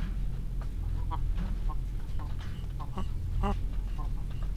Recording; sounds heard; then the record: poultry house recording; sick chickens (respiratory disease)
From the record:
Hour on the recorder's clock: 15